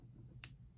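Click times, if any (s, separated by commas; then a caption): 0.4 s. The lead-retracting twist-lock sleeve on a Uni Shift 0.5 mechanical pencil is pressed down and turned until it locks. A single sharp, bright click at 0.4 s stands out over a low, steady background rumble. The sleeve seats and locks in place.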